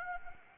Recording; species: mosquito wingbeat signal from an infrared sensor; Anopheles gambiae